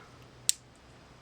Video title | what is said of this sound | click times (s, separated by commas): H1 Steel Test : Spyderco/Countycomm Orange Ladybug (Bleach Results) | Hear that snap? | 0.5 s